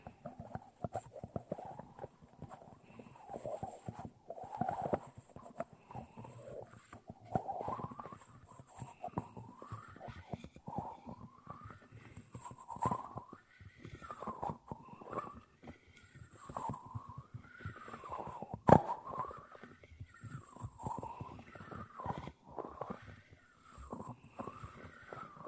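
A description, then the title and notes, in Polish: Teaspoons scrape and clatter, with dense small clicks and taps throughout. A ringing tone repeatedly swoops up and down, roughly every second or two. A single sharp, louder tap stands out just before the 19-second mark. Łyżeczki ASMR po polsku Klaudia Leclercq.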